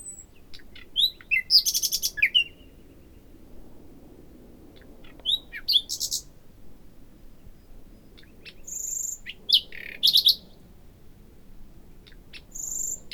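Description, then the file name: Common nightingale song phrases come in short bursts between pauses: quick buzzy rattles, sharp clicks and high thin whistles over a soft background hiss. "Luscinia megarhynchos"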